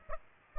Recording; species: mosquito wingbeat signal from an infrared sensor; Aedes aegypti